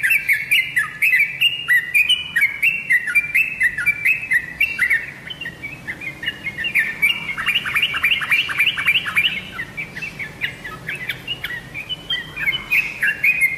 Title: Kicau Kacer